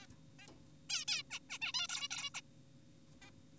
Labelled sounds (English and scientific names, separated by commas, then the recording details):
Zebra Finch (Taeniopygia guttata)
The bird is an adult
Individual g4p5U